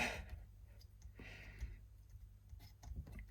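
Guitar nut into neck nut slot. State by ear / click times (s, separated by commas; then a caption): not seated / none. A replacement plastic nut is pressed into the filed wooden nut slot on the neck of a Squier Affinity Strat while its fit is tested. Only quiet handling noise and a few faint ticks are heard. The nut does not seat, and nothing has clicked into place.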